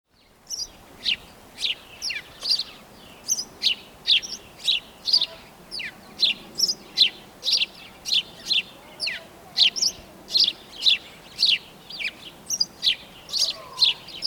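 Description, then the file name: House sparrow calls: bright, clipped cheep notes repeated at an even pace of about two per second, with some softer notes mixed in. "Passer domesticus"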